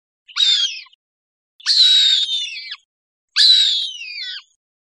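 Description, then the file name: Cooper's hawk giving three harsh, whistled screams, sliding slightly downward, separated by silent gaps. Recorded on 19 August 2001. "CR COHA 081901"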